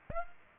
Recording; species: mosquito wingbeat signal from an infrared sensor; Aedes aegypti